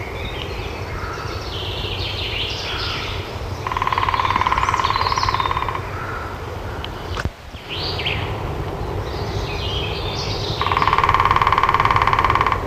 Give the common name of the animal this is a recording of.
Lesser Spotted Woodpecker